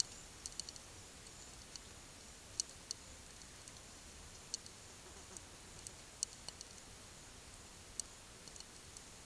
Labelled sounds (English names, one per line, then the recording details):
none
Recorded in pastures near Puerto Asís, Putumayo, Colombia, on 28 February 2025 at 12:30
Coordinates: 0.505, -76.324
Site GP08